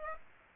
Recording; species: mosquito wingbeat signal from an infrared sensor; Aedes aegypti